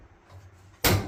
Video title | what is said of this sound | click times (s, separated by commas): Dryer making noise, grinding, loud, Samsung DIY homeowner laundry repair | Hear the click. | 0.8 s